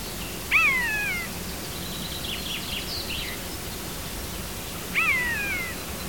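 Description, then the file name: Common buzzard uttering two downslurred mewing calls about four and a half seconds apart, with faint higher chirps between them. "Poiana"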